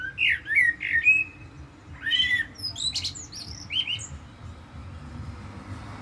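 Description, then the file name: Common blackbird song: a low fluty warbled phrase in the first second, then scattered high squeaky twittering notes, over a steady low rumble. "Turdus merula"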